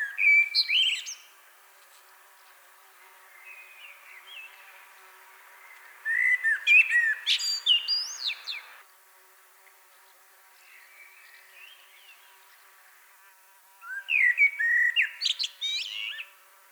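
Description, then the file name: Common blackbird song: the twittering end of one phrase, then two full phrases, each a low fluted warble followed by a high, squeaky twitter, separated by pauses of several seconds. "Turdus merula"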